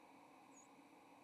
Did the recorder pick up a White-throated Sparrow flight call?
yes